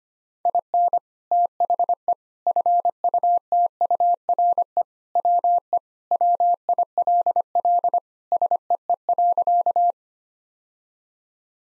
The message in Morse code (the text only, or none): IN THE FUTURE WE WILL SEE.